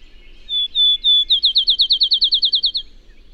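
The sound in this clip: Bird song: three high, steady whistled notes, then a fast, even trill of more than a dozen bright, slurred notes, ending cleanly with quiet low background hum.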